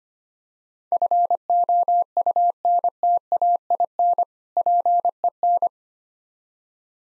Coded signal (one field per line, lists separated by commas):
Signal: Morse code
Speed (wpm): 26 wpm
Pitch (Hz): 700 Hz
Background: none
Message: FOUNTAIN PEN